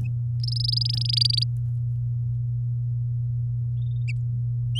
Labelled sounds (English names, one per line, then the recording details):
Domestic Canary song
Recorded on 9 May 2018 at 08:42
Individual llb16